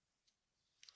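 A terminal clip for a 1991 Volvo 740 wire harness repair sits in a ratcheting crimper, and the handles are squeezed just enough for the ratchet to advance one notch so the tool holds the terminal. After a faint tick near 0.3 s, sharp metallic ratchet clicks come at 0.8 s and 0.9 s, confirming the tool has caught and is holding the terminal.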